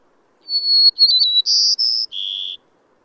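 Bird calling with a short run of clear, high whistled notes: a long steady tone, a quick wavering flourish, then two bright notes and a lower closing whistle, in quiet surroundings.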